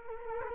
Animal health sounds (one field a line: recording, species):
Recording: mosquito wingbeat signal from an infrared sensor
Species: Culex quinquefasciatus